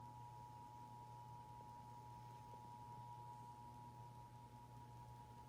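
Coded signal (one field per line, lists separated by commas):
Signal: Emergency Alert System (SAME) tones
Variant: 853 and 960 Hz attention tone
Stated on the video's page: NWS Texas child abduction emergency EAS alert received on TV.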